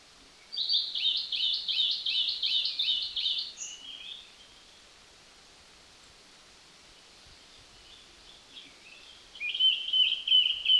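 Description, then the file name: Zappey's flycatcher singing a rapid, buzzy run of repeated high notes for about three seconds, then a long quiet gap before another high phrase begins. Song, recorded at Lingshan on 7 June 2020 at 05:41. "2020-06-07-0541-Zappeys-Flycatcher-song-Lingshan"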